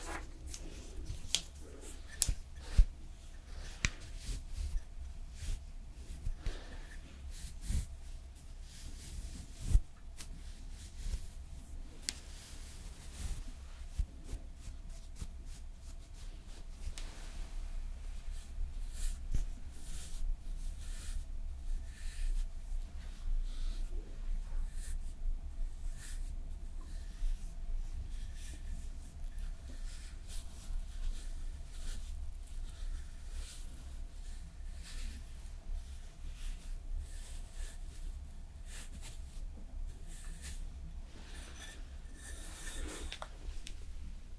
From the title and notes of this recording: ASMR Slowly Doing Your Makeup with Personal Attention (No Talking).